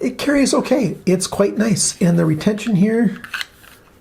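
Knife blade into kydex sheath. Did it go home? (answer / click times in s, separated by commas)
no / none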